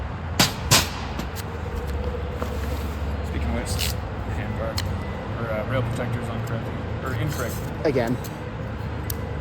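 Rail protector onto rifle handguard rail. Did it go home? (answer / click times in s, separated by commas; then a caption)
yes / 9.1 s. A handguard rail protector is fitted again onto the handguard rail of an M4/M16/AR15-style rifle while someone talks over a steady low hum, with a few sharp taps and knocks along the way. A sharp click at 9.1 s marks the rail protector locking in place.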